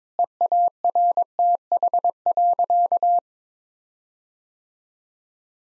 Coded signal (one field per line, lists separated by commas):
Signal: Morse code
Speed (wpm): 22 wpm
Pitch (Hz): 700 Hz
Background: none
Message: EARTH.